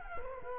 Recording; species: mosquito wingbeat signal from an infrared sensor; Culex quinquefasciatus